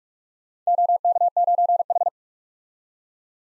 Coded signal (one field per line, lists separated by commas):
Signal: Morse code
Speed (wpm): 46 wpm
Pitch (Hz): 700 Hz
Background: none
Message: OK9H